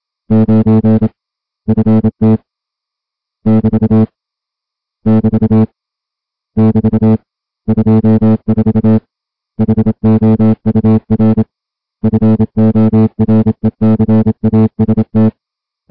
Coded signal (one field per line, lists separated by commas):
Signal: Morse code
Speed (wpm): 27 wpm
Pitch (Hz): 220 Hz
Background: music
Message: 9 FT <BT> <BT> <BT> 24 HOUR FORECAST